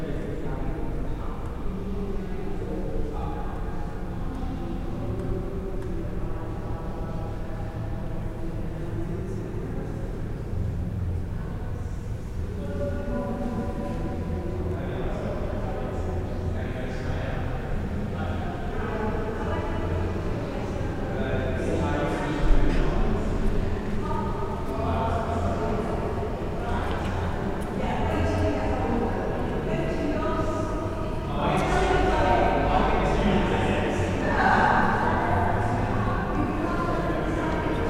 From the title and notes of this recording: Binaural Bath Abbey Ambiance | City of Bath. This binaural field recording captures the essence of Bath Abbey's majestic architecture and rich history.